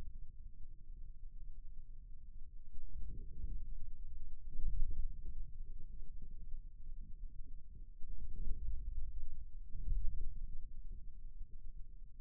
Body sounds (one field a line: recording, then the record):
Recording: forearm muscle sounds (acoustic myography)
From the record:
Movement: inward rotation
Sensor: system 2, bracelet of six BSWA MPA416 microphones around the upper forearm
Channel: 1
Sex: male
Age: 22 years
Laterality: right